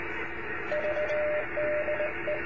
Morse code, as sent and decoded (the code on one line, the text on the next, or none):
...- -.. / .
VD E